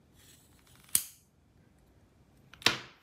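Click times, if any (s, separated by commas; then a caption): 1.0 s, 2.7 s. Plastic telescopic boom modules of a WSI Liebherr LTM 1090-4.2 model mobile crane, which have a four-position plastic locking mechanism, are moved by hand along the boom. Two sharp plastic clicks ring out at 0.9 and 2.7 seconds, the second preceded by a faint tick, as a section clicks into its lock position and seats.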